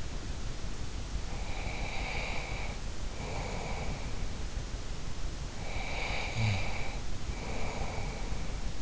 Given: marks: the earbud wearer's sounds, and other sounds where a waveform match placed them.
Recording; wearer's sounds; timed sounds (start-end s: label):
sounds in sleep by an in-ear microphone; breath, snoring breath
1.30-4.25 s: breath
5.52-8.82 s: snoring breath